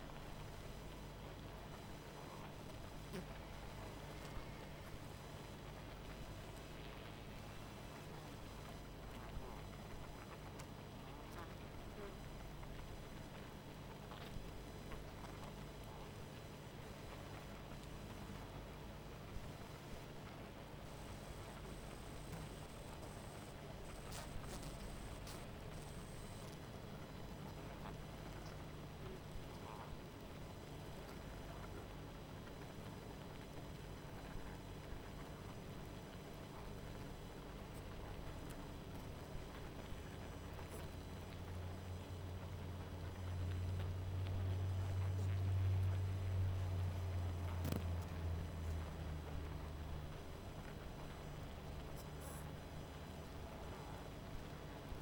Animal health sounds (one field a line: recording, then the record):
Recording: honeybee colony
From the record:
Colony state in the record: missing queen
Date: 14 July 2017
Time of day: 19:44